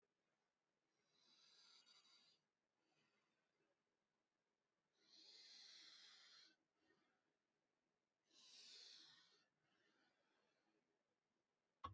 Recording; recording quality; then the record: deep breathing; excellent, no background noise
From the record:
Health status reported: healthy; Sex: female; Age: 28 years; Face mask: not worn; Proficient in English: yes